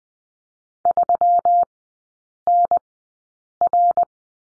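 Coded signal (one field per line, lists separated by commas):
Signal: Morse code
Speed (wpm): 20 wpm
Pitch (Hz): 700 Hz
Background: none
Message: 3NR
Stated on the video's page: Morse course lesson on the letter P in three-character groups, at Farnsworth speed 20/10 wpm.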